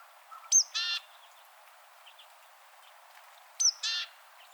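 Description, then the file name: Great tit calls: twice, a thin high descending note followed at once by a harsh buzzy churr, about three seconds apart, over quiet background. "Parus major"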